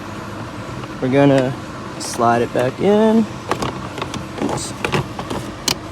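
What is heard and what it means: Someone talks while the plastic cabin air filter holder on a 2009 Honda CR-V is slid back into the HVAC filter housing behind the glove box. A series of short, sharp plastic knocks and scrapes follows as it goes in, ending with the strongest crisp click at 5.7 s as the cover seats home in the housing.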